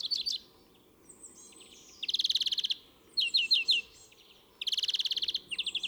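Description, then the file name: European greenfinch song with loud rolling trills, fast stuttering chirps and brief high whistles, trills repeating in long runs. "Chloris chloris"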